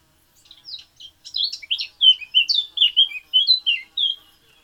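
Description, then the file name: Eurasian blackcap song, a few quiet opening notes, then a lively, varied warbling phrase of about three seconds that trails off. "Sylvia atricapilla"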